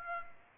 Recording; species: mosquito wingbeat signal from an infrared sensor; Aedes aegypti